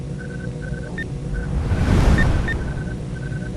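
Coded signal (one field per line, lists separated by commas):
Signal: none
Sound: a game's interface beeps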